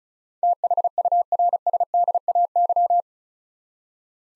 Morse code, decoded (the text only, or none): THURSDAY